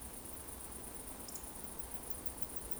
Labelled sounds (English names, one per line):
Eurasian Woodcock whistle